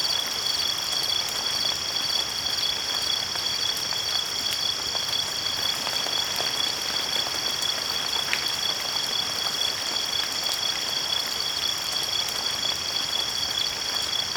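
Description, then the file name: Crickets trilling in a steady, unbroken high drone, layered over the constant hiss and patter of rain with occasional sharper drop clicks. "Relaxing Crickets Rain"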